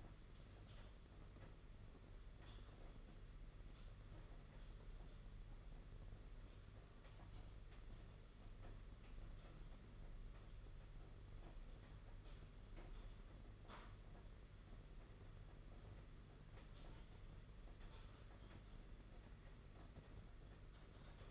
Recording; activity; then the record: daily activity, microphone in the room; typing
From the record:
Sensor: 4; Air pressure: 992.6 hPa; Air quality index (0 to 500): 137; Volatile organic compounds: 62 ppm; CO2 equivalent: 3435 ppm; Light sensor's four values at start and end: 19/66/24/25 and 19/66/24/25